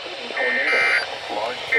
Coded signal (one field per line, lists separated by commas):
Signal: Emergency Alert System (SAME) tones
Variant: end-of-message bursts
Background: speech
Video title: Some Storms (EAS Alerts: #339 - 358) - 3/3/23